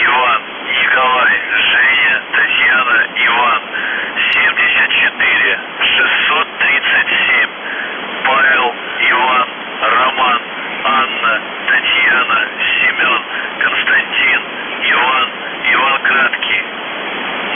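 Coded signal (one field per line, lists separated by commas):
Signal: numbers station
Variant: UVB-76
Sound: a male voice reading words over a narrow radio channel, with short pauses between them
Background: radio static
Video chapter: The Buzzer/UVB-76(4625Khz) August 12, 2021 Voice messages / 00:00 0930z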